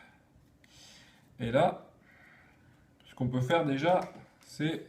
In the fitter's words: faire un petit clic est là